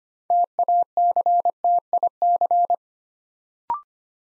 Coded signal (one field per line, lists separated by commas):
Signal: Morse code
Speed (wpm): 25 wpm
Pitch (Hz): 700 Hz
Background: none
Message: TACTIC